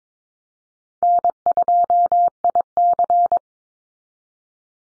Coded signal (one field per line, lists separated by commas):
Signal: Morse code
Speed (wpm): 22 wpm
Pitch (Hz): 700 Hz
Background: none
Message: N2IC